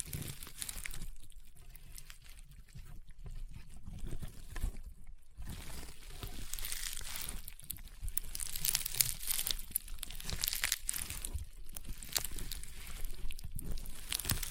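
Slime being squeezed and pressed gives dense, crunchy crackling and sharp popping bursts throughout. The sound comes in uneven clusters of quick snaps, with brief near-silent pauses around the one-, three- and five-second marks, then grows busier and brighter toward the end.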